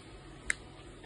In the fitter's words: okay you should hear our resounding click sound to tell you that the hanger has been tightened